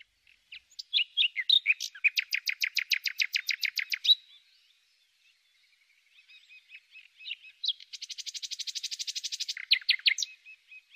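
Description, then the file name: Common nightingale song: a long rapid series of repeated chattering notes, a short pause, then a fast buzzy trill and more repeated chirps. "suara merdu burung nightingale omkicau"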